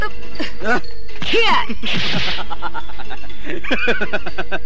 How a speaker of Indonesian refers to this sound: Hebat juga pukulan-pukulan yang kau lancarkan.